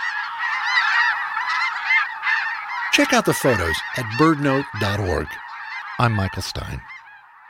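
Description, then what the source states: Snow Goose and Ross's Goose: a large flock honking, a dense continuous chorus of nasal calls. Great wintering flocks feeding in farmlands at the southern end of the Salton Sea, California.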